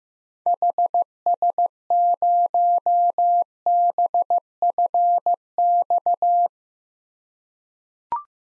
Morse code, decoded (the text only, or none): HS0BFX